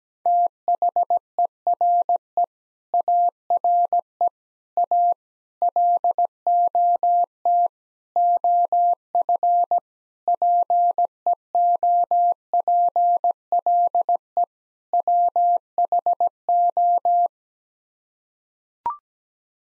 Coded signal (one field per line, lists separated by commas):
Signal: Morse code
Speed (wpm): 17 wpm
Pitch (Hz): 700 Hz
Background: none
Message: THERE ARE A LOT OF PEOPLE WHO